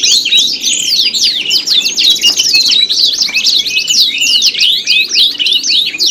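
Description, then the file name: Canary singing busily, with rapid, varied, high whistled sweeps, short trills and a brief buzzy stretch near the middle, all continuous. Simulated canary singing contest with isian (tutor fill-in songs), shared by Om Kicau. "audio-simulasi-lomba-kenari-isian 3-omkicau"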